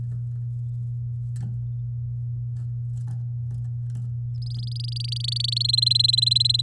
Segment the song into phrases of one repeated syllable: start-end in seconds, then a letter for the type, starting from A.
4.42-5.63 A, 5.64-6.61 B